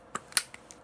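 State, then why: Seated. The plastic priming handle of a small foam-dart toy blaster is pulled back until the plunger catches, giving a string of short plastic clicks and rattles. The loudest, sharpest click at 0.4 s is the handle clicking into place, leaving the blaster primed and ready to fire.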